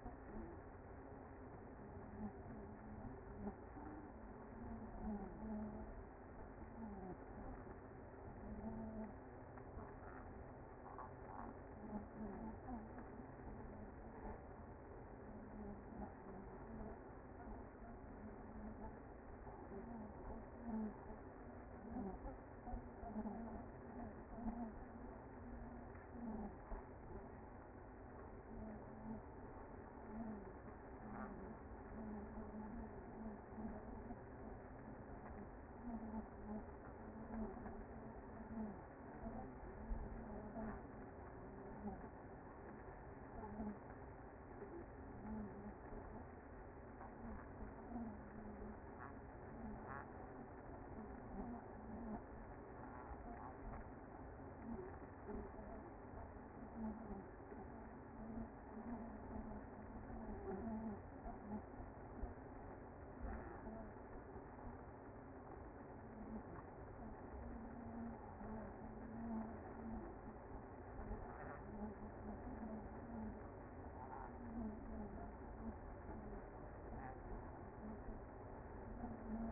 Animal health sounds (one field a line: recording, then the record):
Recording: honeybee colony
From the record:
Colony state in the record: active